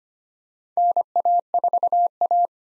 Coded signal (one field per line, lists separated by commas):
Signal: Morse code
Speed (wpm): 25 wpm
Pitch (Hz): 700 Hz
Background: none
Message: NA4A